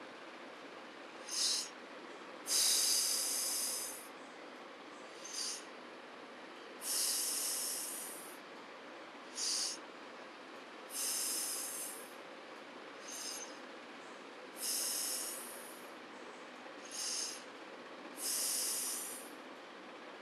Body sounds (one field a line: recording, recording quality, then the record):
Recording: deep breathing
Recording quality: excellent, no background noise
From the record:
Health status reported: healthy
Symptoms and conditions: none ticked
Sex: female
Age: 30 years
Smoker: not ticked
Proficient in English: yes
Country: India